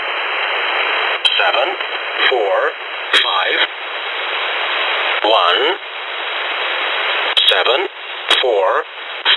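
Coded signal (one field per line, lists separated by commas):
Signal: numbers station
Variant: E07 English Man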